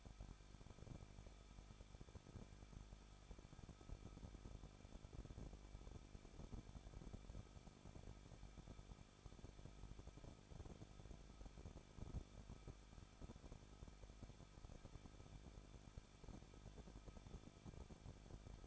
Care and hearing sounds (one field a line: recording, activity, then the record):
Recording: daily activity, microphone in the room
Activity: no activity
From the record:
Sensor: 5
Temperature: 20.9 degrees Celsius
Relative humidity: 38.2%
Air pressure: 1006.4 hPa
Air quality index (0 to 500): 190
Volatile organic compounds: 20 ppm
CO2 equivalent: 2674 ppm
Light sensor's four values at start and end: 2/3/1/1 and 2/3/1/1